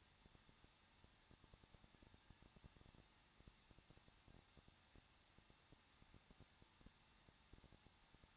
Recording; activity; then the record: daily activity, microphone in the room; no activity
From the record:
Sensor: 3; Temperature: 21.2 degrees Celsius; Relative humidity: 36.3%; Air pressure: 1006.3 hPa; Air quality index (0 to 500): 221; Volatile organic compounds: 40 ppm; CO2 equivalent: 3153 ppm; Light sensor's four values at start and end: 2/3/2/2 and 2/3/2/2